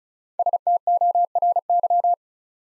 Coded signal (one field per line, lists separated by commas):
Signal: Morse code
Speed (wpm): 36 wpm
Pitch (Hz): 700 Hz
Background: none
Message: STORY